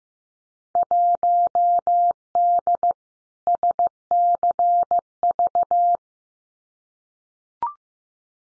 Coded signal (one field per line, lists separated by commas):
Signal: Morse code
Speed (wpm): 15 wpm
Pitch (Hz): 700 Hz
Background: none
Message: 1D SCV